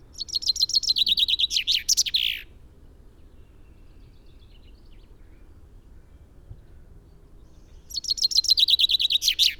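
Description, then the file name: Common chaffinch song: a rapid descending trill ending in a flourish, repeated after a pause of about five seconds. "Fringilla coelebs"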